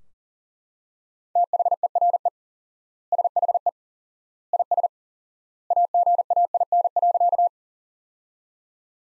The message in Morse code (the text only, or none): THERE SHE IS AGAIN.